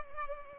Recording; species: mosquito wingbeat signal from an infrared sensor; Culex pipiens